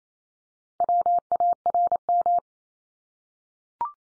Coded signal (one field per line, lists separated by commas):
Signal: Morse code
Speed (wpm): 28 wpm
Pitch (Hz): 700 Hz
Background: none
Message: WARM